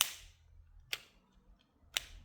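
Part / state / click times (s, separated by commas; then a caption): charging case lid onto earbud case body / seated / 0.0 s, 2.0 s. The hinged plastic lid of a wireless earbud charging case is opened and closed against the case body, giving sharp, bright snaps at 0.0 s and 2.0 s, with another crisp click near 0.9 s and a faint tick around 1.6 s. The lid closes very firmly and snaps shut.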